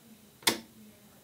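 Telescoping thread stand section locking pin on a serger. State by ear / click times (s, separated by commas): seated / 0.5 s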